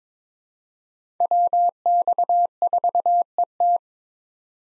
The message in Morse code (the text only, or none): WX4ET